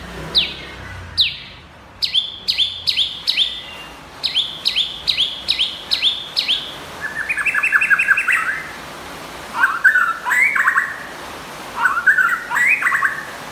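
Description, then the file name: White-rumped shama song opening with a run of repeated sharp descending notes, then a rapid rattling phrase and several short rising, warbled phrases. Champion bird from a singing contest. "suara murai batu juara lomba"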